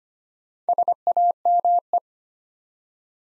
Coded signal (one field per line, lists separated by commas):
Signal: Morse code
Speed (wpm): 25 wpm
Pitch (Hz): 700 Hz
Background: none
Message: SAME